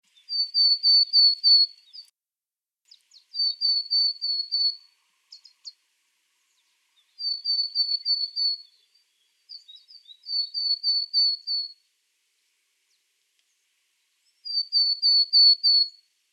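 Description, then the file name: Willow tit: short, even, high notes strung in phrases of several, repeated every few seconds with brief pauses. "poecile montanus"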